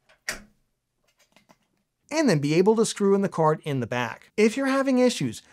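A graphics card is lined up and pressed down front to back into the main PCIe x16 slot on a motherboard, and the plastic retention latch clicks shut with a sharp snap at 0.3 s, seating the card. A few faint ticks follow, then someone talks.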